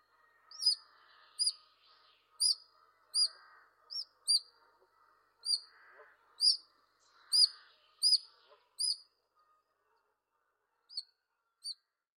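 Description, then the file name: Eurasian otter uttering sharp high whistled chirps, roughly one per second, with softer lower sounds between them, then a pause and two more chirps. "otters british mammals"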